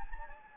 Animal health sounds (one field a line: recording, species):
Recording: mosquito wingbeat signal from an infrared sensor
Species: Anopheles gambiae